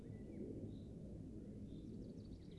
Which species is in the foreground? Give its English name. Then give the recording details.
Common Chaffinch. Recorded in Germany. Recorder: ecoPi